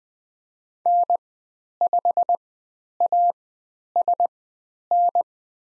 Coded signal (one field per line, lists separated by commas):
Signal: Morse code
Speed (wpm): 20 wpm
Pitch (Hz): 700 Hz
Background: none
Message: N5ASN